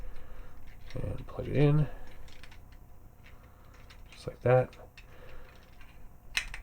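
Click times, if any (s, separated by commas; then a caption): 6.4 s. Someone talks while transforming a plastic Transformers Combiner Wars Bruticus combiner action figure, with soft plastic handling clicks along the way. A limb section is pulled all the way down into its locked robot-mode position, and the parts lock together with a sharp plastic click at 6.4 s.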